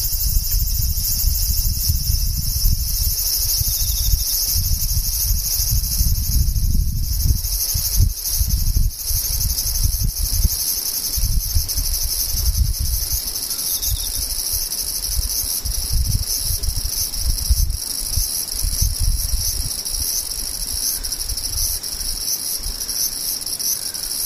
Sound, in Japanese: ムシ